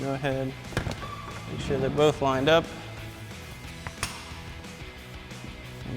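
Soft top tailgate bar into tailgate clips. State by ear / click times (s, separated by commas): seated / 3.9 s, 4.0 s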